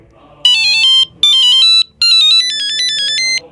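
A melodic phone ringtone plays in three loud bursts of bright, stepping electronic tones, with short pauses between them and a faint low hum underneath.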